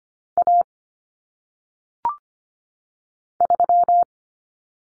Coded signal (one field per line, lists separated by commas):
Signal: Morse code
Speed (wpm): 25 wpm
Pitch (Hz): 700 Hz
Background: none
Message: A 3